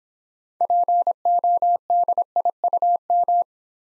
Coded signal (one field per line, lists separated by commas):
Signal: Morse code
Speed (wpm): 26 wpm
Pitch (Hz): 700 Hz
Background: none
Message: PODIUM